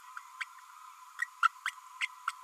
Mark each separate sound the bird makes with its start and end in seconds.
0.40-0.44, 1.22-1.24, 1.42-1.48, 1.65-1.70, 2.00-2.07, 2.27-2.31